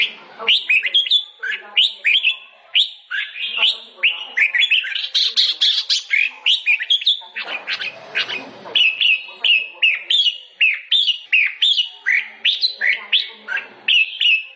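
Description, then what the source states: Sooty-headed bulbul singing a long, busy string of chirpy whistled notes, rising and dipping, with brief harsher chatter in the middle. Local name kutilang; described as gacor, a bird in full, frequent song.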